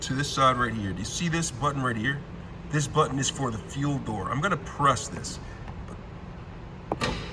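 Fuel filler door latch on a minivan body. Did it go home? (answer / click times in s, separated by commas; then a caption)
released / 6.9 s. Someone talks, then presses the interior fuel door button in a Chrysler Pacifica minivan that is turned off. The fuel filler door latch releases with a sharp click at 6.9 s, and the fuel door opens.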